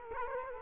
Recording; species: mosquito wingbeat signal from an infrared sensor; Culex quinquefasciatus